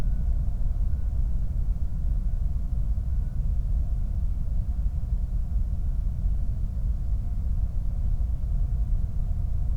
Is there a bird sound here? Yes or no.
no